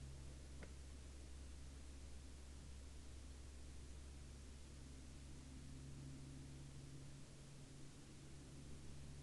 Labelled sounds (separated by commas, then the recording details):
aircraft
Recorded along the Dalton Highway, Alaska, on 6 April 2019 at 00:50
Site 06